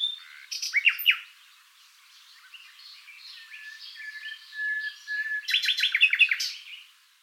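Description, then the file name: Common nightingale singing: a loud burst of sharp notes, a quiet stretch with soft whistles, then a rapid series of repeated sharp notes. "Luscinia megarhynchos"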